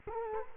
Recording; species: mosquito wingbeat signal from an infrared sensor; Culex quinquefasciatus